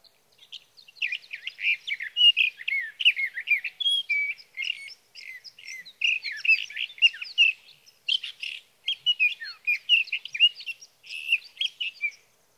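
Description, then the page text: Sage thrasher song, a long rambling warble of rapid varied notes in bursts separated by brief pauses, continuing for over ten seconds. Male singing through the night near his night roost, evenings June 12 to mornings June 15, 2018, Sierra Valley, California; Swift recorder. "61. Sage thrasher songs, through the night."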